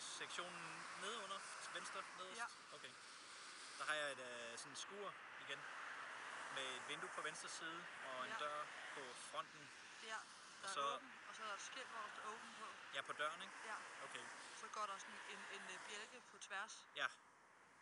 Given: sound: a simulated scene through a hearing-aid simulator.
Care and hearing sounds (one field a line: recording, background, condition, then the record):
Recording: conversation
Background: traffic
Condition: +4 dB SNR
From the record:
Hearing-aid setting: IV (slow-acting compression, loudness normalization)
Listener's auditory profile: A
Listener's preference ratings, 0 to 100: 89, 65, 52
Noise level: 75 dB SPL